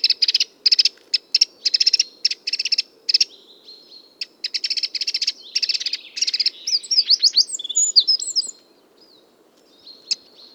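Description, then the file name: Eurasian wren giving rapid series of hard ticking calls in bursts, then a quick high trilled phrase; steady low hum in the background. "Troglodytes troglodytes"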